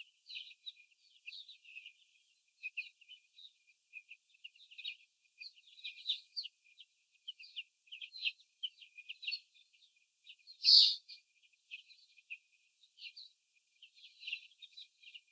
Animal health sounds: young laying hens in a cage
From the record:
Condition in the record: after the stressor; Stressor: sudden umbrella opening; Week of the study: 3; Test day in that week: 2

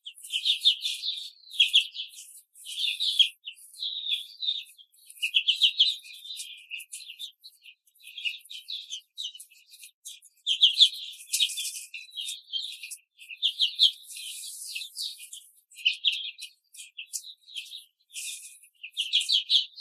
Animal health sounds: young laying hens in a cage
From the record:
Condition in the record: control cage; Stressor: none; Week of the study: 5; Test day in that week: 1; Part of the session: 3

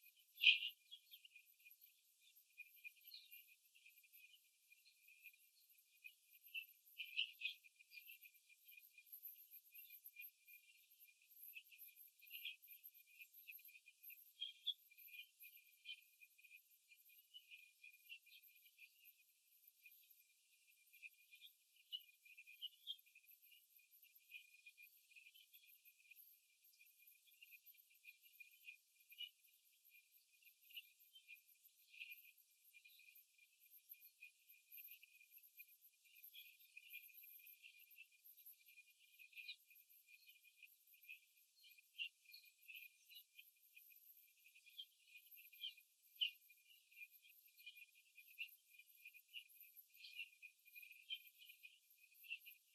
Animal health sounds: young laying hens in a cage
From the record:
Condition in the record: after the stressor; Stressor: simulated dog barking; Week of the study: 3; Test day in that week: 2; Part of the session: 2

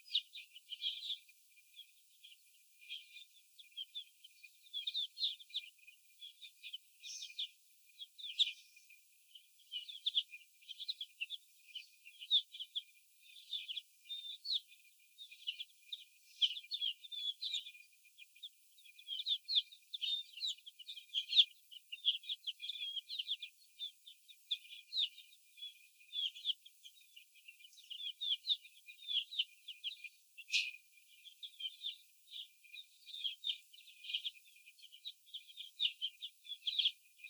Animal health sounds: young laying hens in a cage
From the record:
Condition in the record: before the stressor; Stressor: sudden umbrella opening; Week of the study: 2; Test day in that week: 1

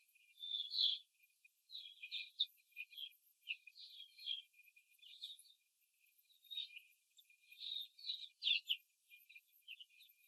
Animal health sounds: young laying hens in a cage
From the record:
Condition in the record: control cage, before the stress test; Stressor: none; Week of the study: 4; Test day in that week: 3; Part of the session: 3

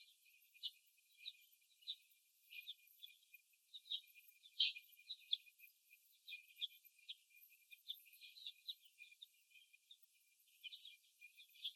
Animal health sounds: young laying hens in a cage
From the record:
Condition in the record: after the stressor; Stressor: simulated dog barking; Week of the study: 1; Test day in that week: 2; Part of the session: 3

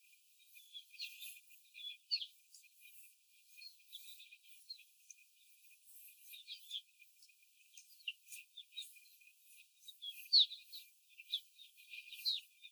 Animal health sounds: young laying hens in a cage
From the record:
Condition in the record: before the stressor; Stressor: simulated dog barking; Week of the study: 4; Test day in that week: 1

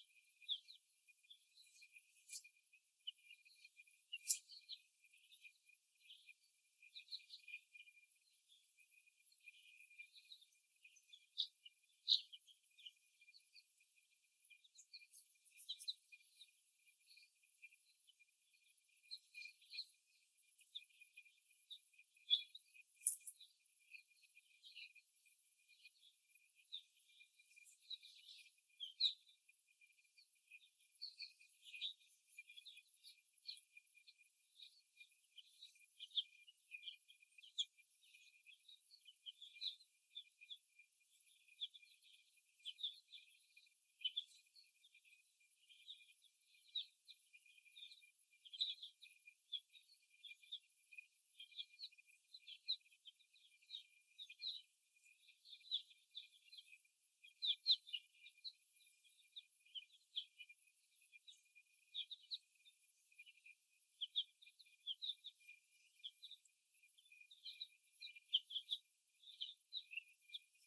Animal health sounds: young laying hens in a cage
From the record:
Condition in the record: after the stressor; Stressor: simulated dog barking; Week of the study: 1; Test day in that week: 1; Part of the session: 3

